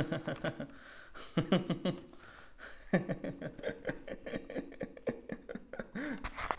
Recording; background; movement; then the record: laughter; quiet; sitting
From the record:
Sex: male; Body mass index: 22.0 kg/m2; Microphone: on the chest, facing outward